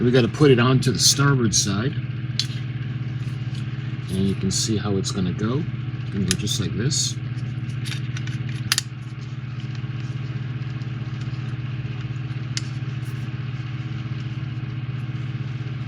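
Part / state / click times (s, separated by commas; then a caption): plastic model ship part into the hull side / not seated / none. Someone talks over a steady low hum while a plastic part of an AGORA Models 1:200 scale RMS Titanic kit is handled and positioned against the starboard side of the hull at the bow, with a few brief, sharp ticks along the way. Nothing has seated or clicked into place yet.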